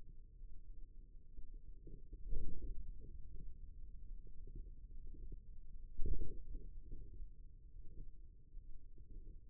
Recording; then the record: forearm muscle sounds (acoustic myography)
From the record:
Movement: ulnar deviation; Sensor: system 2, bracelet of six BSWA MPA416 microphones around the upper forearm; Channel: 3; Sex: male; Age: 22 years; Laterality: right